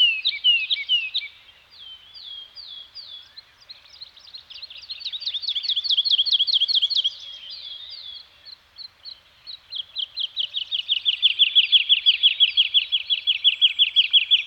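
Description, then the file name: Bird singing in high, quick series of repeated notes, phrases changing pace, ending in a long, loud, evenly rapid trill over the last few seconds. Birds singing in a Scandinavian forest. "Nature Soundscape - Scandinavian Forest Environment with Birds Singing"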